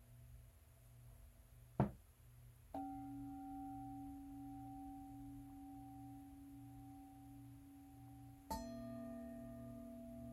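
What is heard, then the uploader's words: Singing bowls are struck and left to ring, each strike giving a long, steady, humming tone. A sharp tap comes near two seconds, a bowl sounds at about three seconds and sustains, then another strike near eight and a half seconds adds a brighter ring over the low hum. Singing Bowls for the Chakras.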